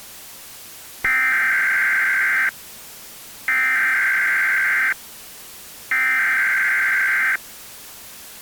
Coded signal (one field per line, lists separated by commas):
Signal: Emergency Alert System (SAME) tones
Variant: header bursts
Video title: EAS Mini Scenario – December 32nd 2020